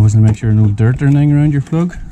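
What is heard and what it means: Someone talks throughout while handling the rubber spark plug cap after refitting the spark plug on a 2006–2011 Honda CBF1000 motorcycle, before pushing the cap down onto the plug terminal. Nothing has seated or clicked yet; the cap is not yet home on the plug.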